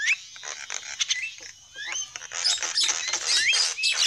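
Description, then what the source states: Lovebird calls, shrill chattering squeaks and short rising whistled notes, rapid and irregular. Lure call used for trapping lovebirds.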